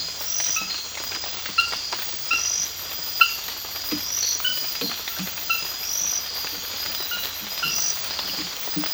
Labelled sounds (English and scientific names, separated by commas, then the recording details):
none
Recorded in secondary vegetation near Puerto Asís, Putumayo, Colombia, on 8 March 2025 at 03:30
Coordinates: 0.498, -76.327
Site G001